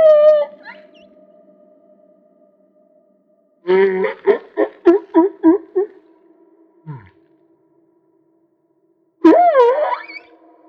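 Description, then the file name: Humpback whale song: a long tonal moan, then a rapid series of pulsed grunts, and a final wavering upswept cry. Recorded off Maui. "Humpback Whale - Maui Whale One"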